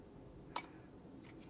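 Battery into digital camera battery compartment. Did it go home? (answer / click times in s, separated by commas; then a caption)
no / none. A battery is pushed into the battery compartment of a compact digital camera, but it fails to latch and pops back out. A sharp tick at 0.6 s is followed by fainter small ticks at 1.3, 1.4 and 1.5 s over a quiet background. Nothing has seated or clicked into place yet.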